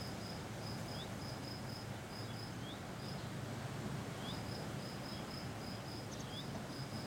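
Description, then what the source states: Cicada song, short pulsed bursts repeated rapidly in runs with brief gaps, over a steady roar of wind. Single cicada that had been hiding in the garden all week; recorded in a garden on a day of constant mistral wind blowing through a pine tree.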